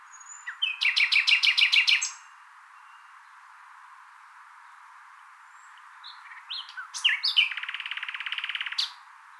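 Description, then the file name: Common nightingale singing a fast volley of sharp repeated notes, silence for several seconds, then varied chirps leading into a rapid buzzing trill. "Luscinia megarhynchos"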